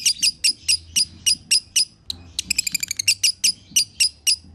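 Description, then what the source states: Lovebird chattering song: shrill chips in quick succession, broken midway by a short, fast trill of bright notes, then more chips. Lovebird singing in the konslet chattering style, presented as a masteran (song-training) recording.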